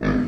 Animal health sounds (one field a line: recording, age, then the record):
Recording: pig call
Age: growing-finishing pig (85 days or more)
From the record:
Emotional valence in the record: negative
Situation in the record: barren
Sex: male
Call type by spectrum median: low-frequency call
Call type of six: low-frequency modulated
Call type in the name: low-frequency modulated, not sure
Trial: 2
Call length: 0.29 s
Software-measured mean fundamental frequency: 61 Hz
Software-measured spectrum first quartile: 211 Hz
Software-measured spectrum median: 326 Hz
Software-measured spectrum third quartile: 909 Hz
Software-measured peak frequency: 255 Hz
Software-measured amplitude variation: 137 dB a second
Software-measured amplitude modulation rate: 33.2 a second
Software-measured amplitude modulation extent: 4.1 dB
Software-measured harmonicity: 2.4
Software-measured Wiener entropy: -1.49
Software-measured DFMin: 640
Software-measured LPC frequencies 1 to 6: 304, 1209, 1723, 2308, 3428, 4667 Hz